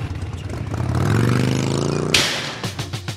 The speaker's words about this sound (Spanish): Según se te va el colaborador arrancando su moto y diciendo adiós por la puerta.